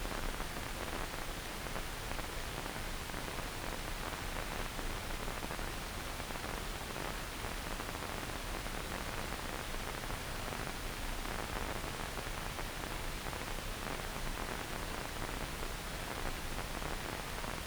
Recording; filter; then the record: brain microelectrode recording played as sound; wide band, above 20 Hz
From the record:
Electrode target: subthalamic nucleus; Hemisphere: left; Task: reaching with the right hand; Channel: 1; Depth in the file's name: 0.251 mm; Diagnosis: Parkinson's disease